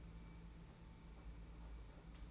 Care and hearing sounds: daily activity, microphone in the room; take from stove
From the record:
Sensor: 1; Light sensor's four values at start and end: 21/74/29/29 and 21/74/29/29

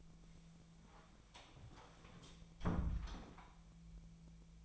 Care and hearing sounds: daily activity, microphone in the room; close door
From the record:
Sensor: 1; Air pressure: 1000.5 hPa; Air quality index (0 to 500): 184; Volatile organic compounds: 4 ppm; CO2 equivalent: 1696 ppm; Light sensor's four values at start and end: 12/29/12/14 and 12/28/12/13

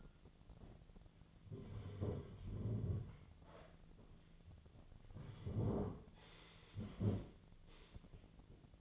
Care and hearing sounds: daily activity, microphone in the room; sit down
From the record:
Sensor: 4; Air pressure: 1008.8 hPa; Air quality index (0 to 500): 171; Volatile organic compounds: 5 ppm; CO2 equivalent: 1716 ppm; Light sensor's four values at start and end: 23/72/27/26 and 23/73/28/26

